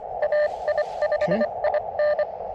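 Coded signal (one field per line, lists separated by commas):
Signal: Morse code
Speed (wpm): 24 wpm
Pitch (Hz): 590 Hz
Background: radio noise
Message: AI5IN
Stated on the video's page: CW Parks on the Air activation at a state park using a KX2 portable kit, with a few pileups and a steady stream of calls.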